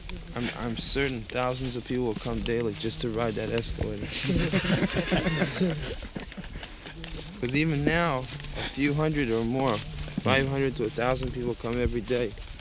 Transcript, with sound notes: I'm certain thousands of people will come daily just to ride that escalator. [laughter] Because even now a few hundred or more---five hundred to a thousand people---come every day